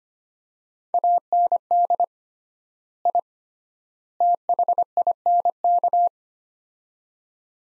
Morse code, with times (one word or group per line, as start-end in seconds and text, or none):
0.9-2.0 AND
3.1-3.2 I
4.2-6.1 THINK